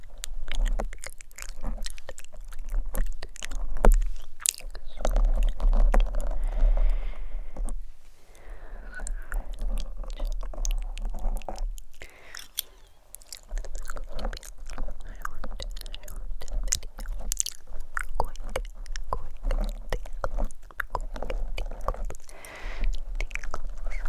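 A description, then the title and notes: Dense scratching and plucking right against a microphone, a busy stream of crisp clicks and crackles with a crunchy, chewing-like texture. A low hum runs underneath throughout. The sound thins briefly around eight seconds and again near twelve before resuming steadily. ASMR Mic PluckingScratching.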